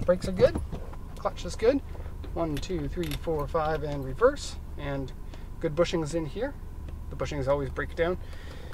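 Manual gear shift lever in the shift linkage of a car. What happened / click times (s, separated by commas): The gear lever is being moved through its positions, not yet clicked home / none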